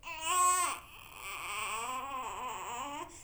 Baby Cry.